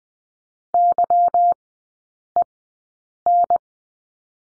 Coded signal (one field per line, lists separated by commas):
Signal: Morse code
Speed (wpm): 20 wpm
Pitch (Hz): 700 Hz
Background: none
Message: YEN